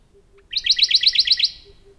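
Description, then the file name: Radde's warbler delivering a rhythmic series of bright, repeated notes after a short quiet spell. "warbler-radde -Phylloscopus-schwarzi"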